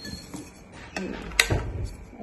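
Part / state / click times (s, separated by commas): locking latch on a small household gadget / seated / 1.4 s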